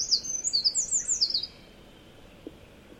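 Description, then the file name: Eurasian wren song: a rapid, high, tinkling burst of warbled notes and trills lasting about a second and a half, then quiet. "misosazai"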